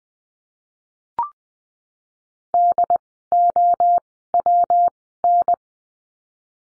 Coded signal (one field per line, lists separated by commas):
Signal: Morse code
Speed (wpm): 20 wpm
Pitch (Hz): 700 Hz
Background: none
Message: D O W N